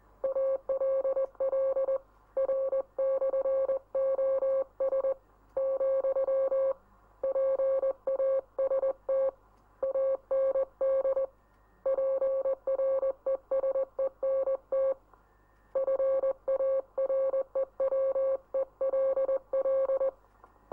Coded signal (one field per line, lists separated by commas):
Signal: Morse code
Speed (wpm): 20 wpm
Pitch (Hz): 540 Hz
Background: none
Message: ALL R/OS , PAST AND PRESENT FAREWELL